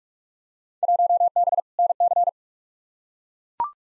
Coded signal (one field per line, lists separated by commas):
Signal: Morse code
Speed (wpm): 41 wpm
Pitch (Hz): 700 Hz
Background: none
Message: 1B NC